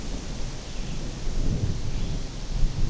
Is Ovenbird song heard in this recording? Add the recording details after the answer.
no. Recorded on 24 June 2016 at 06:38. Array SBT-6-76